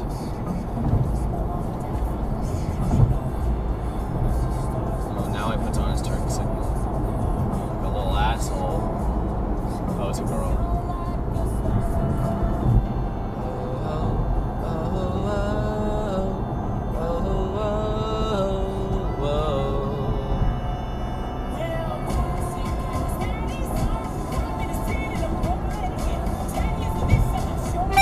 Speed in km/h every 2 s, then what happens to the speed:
108, 108, 109, 109, 108, 108, 105, 101, 98, 95, 95, 97, 101, 103.
0-11 steady at about 108. 11-18 slows to 95. 18-28 speeds up to 103.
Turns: none.